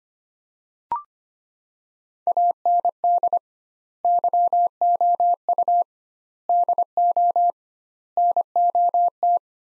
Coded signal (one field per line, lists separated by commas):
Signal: Morse code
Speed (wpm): 25 wpm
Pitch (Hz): 700 Hz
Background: none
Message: AND YOU DO NOT